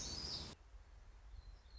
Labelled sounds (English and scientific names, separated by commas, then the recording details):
Black-throated Gray Warbler (Setophaga nigrescens)
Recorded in Sonoma County, California